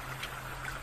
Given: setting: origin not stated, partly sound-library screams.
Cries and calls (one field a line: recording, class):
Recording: one-second piece from a danger detection set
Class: normal situation